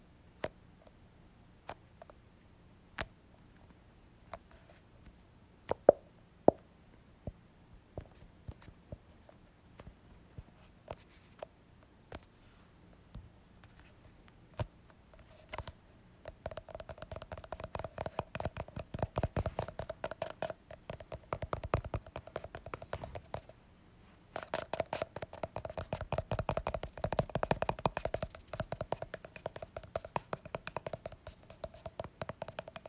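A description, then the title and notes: Handling a tube of lotion. For the first fifteen seconds there are sparse taps and clicks with a faint low hum, then dense bursts of crinkly squeezing and rubbing run to the end, with a short pause near twenty-four seconds. Exploring the sounds of a tube of lotion. Lotion Tube Sounds.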